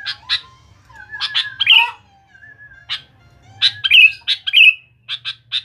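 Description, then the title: Sooty-headed bulbul singing: clicky notes mixed with whistled glides, with bright bubbly phrases around two seconds and again around four seconds, ending in a quick run of short notes; a faint low hum underneath. "Kutilang"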